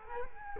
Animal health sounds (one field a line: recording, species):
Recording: mosquito wingbeat signal from an infrared sensor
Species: Culex quinquefasciatus